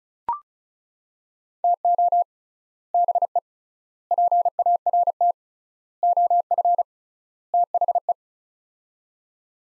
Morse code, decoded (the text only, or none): TO BE PART OF THE